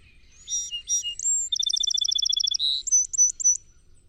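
Song Sparrow song with two sweet intro notes, a high whistle, a long rapid trill, a buzzy slur, and four quick notes to finish.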